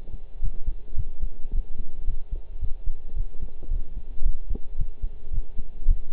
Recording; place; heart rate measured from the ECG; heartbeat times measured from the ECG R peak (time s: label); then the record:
heart sounds by stethoscope; between the tricuspid and mitral areas; 110 bpm
0.43 s: heartbeat
0.97 s: heartbeat
1.53 s: heartbeat
2.07 s: heartbeat
2.62 s: heartbeat
3.16 s: heartbeat
3.70 s: heartbeat
4.25 s: heartbeat
4.78 s: heartbeat
5.33 s: heartbeat
5.88 s: heartbeat
From the record:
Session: pedaling a stationary bicycle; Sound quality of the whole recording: partially saturated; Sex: male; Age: 23 years